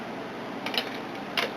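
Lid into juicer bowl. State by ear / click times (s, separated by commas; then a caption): not seated / none. A juicer lid is handled against the juicer bowl, with faint scraping and a few soft knocks near 0.7 and 0.8 seconds and another light knock near 1.4 seconds. Nothing has seated or clicked yet; the lid is not yet home.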